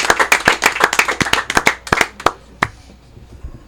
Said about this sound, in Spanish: Un aplauso para todos ustedes, un aplauso para todo el equipo, un aplauso al creador y que viva el otro año, que venga el otro año, indiscutiblemente.